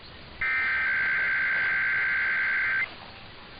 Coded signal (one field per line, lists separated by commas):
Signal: Emergency Alert System (SAME) tones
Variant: header bursts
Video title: [EAS #2395-#2399] Sunday & Monday RWTs